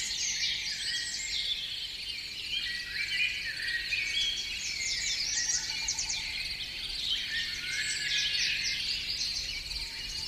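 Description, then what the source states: Several birds sing at once, their high chirps and rapid trills blending into a continuous, dense chorus throughout. Morning.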